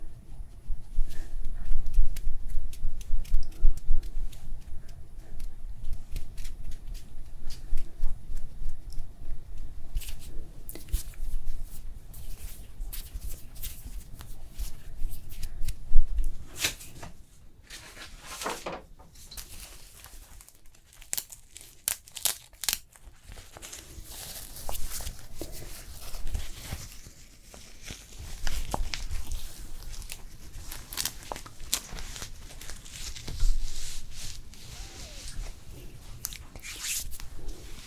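A facial spa treatment with soft crinkling, tearing and rubbing sounds, dense bright rustles coming in irregular bursts, plus occasional low thumps.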